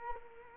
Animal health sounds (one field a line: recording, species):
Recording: mosquito wingbeat signal from an infrared sensor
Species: Culex quinquefasciatus